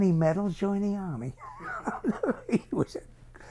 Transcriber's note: laughs